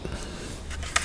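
A new 9 volt battery is pushed into the battery compartment of a caravan smoke alarm. Over low background noise, a sharp, short click is heard at 0.96 s as the battery seats in place.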